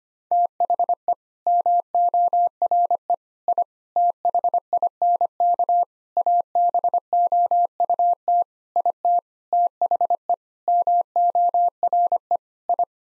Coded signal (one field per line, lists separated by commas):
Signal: Morse code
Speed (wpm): 25 wpm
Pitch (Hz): 700 Hz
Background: none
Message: THE MORE I THINK ABOUT IT THE MORE I